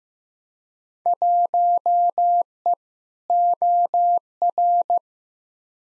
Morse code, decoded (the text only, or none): 1E OR